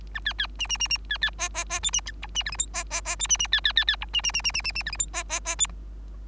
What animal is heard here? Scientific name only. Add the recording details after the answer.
Lonchura striata domestica. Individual Bird3